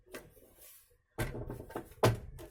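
While reassembling the scanner section of a Canon printer, a plastic scanner-unit part is refitted and its locking engaged into the printer body. A faint tap comes first, then a sharp click at 1.2 s as the part seats, followed by further handling knocks and a loud hit near 2.0 s. The part is locked in and fully, properly seated.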